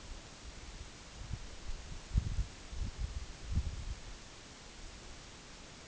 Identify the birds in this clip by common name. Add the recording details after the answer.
none. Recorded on Arctic tundra, site NAIT-1, on 2 July 2019. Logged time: 18:00